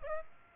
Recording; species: mosquito wingbeat signal from an infrared sensor; Aedes aegypti